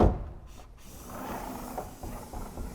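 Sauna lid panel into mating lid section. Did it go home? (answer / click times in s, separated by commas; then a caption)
no / none. A Hot Box Sauna V7 lid panel, its male and female sides already fed into the mating lid section, is slid back by hand, producing low rubbing and sliding noise with a few soft knocks. The clip ends before the section goes home, so nothing has locked into place yet.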